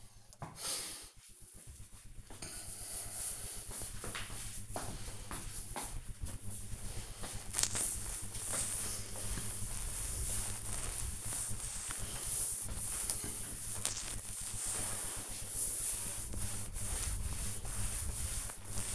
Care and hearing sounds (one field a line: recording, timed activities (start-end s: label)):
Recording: household activities, microphone on the right wrist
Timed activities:
7.11-18.95 s: cleaning table